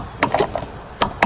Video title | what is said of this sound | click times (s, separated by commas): Valve Cover Gasket Replacement On an AUDI Q7 3.0L ( Part 2 ) Oil Leak Under the Engine | so right there I hope you heard the torque wrench click | 1.2 s